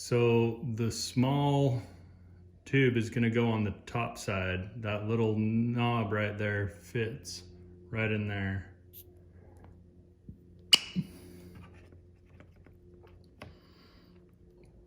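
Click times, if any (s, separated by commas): 10.7 s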